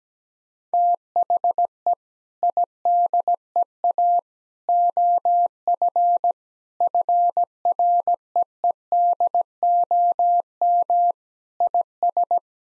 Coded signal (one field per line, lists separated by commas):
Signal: Morse code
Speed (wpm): 17 wpm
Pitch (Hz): 700 Hz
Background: none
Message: THE IDEA OF FREEDOM IS